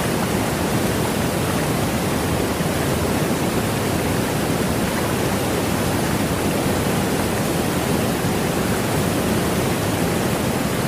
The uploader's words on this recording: Water Sounds.